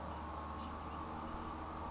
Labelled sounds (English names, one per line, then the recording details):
Chestnut-backed Chickadee
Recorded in Sonoma County, California